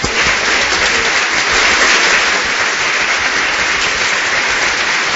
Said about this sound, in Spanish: Aplausos para la gente de Infocentro.